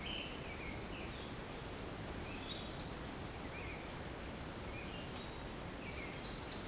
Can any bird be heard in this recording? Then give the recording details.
yes. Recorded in dense forest near Puerto Asís, Putumayo, Colombia, on 19 March 2025 at 08:30. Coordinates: 0.500, -76.322. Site GP06